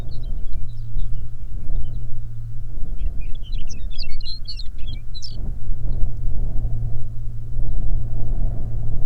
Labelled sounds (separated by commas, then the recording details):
songbird, wind, aircraft
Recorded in the Arctic National Wildlife Refuge, Alaska, on 20 May 2019 at 11:59
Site 38